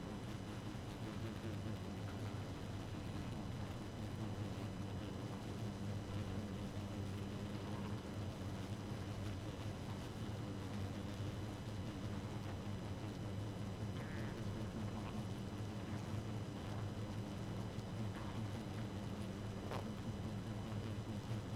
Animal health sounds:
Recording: honeybee colony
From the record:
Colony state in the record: active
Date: 12 June 2018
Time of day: 0:54

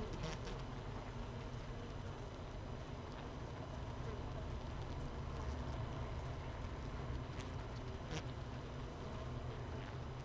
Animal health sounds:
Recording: honeybee colony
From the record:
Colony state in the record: missing queen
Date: 31 May 2018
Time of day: 15:54

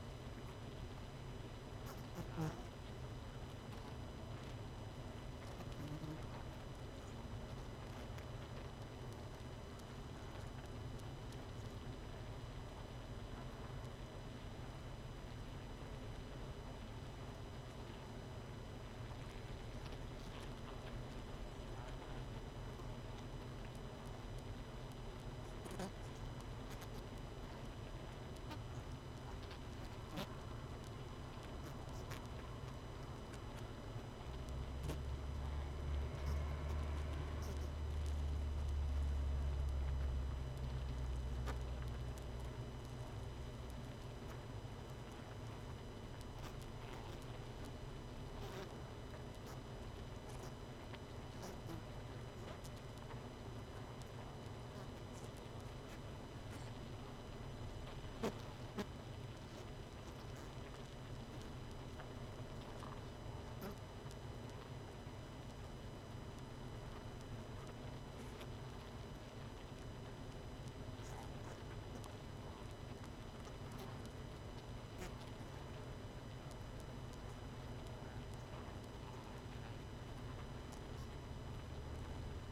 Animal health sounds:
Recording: honeybee colony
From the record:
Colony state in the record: missing queen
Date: 31 May 2018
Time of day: 21:46

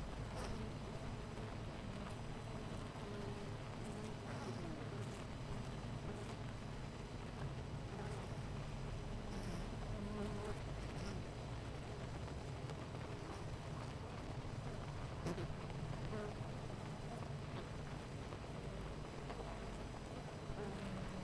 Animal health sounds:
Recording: honeybee colony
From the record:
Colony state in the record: missing queen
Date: 14 July 2017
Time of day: 9:27

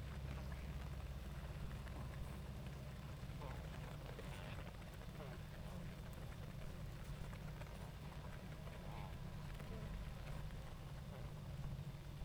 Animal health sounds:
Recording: honeybee colony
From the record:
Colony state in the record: active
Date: 28 July 2017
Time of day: 19:48

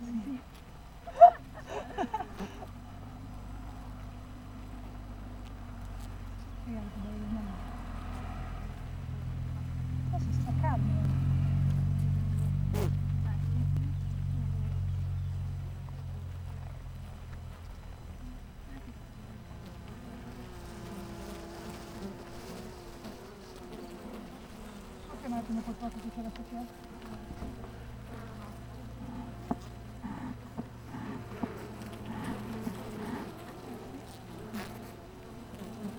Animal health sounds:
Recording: honeybee colony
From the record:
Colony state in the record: missing queen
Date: 14 July 2017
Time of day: 7:17

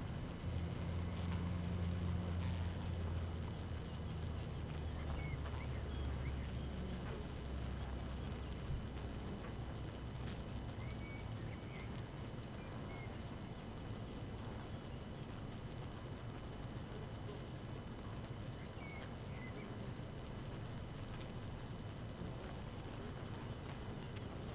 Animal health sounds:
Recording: honeybee colony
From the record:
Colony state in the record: active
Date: 12 June 2018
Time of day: 5:27

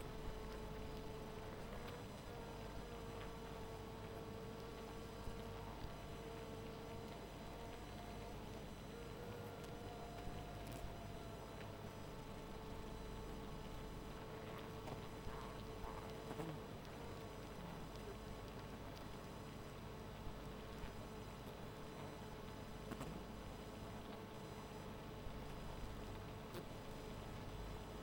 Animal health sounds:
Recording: honeybee colony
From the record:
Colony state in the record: missing queen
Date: 14 July 2017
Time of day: 0:35

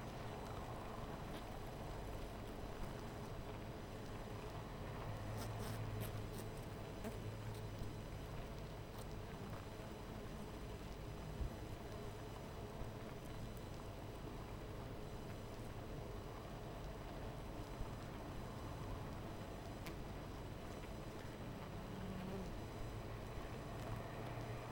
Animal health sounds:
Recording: honeybee colony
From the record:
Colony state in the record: missing queen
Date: 14 July 2017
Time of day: 12:45

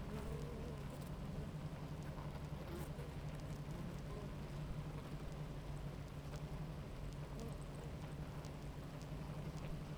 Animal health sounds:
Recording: honeybee colony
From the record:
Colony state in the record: active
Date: 28 July 2017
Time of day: 10:04

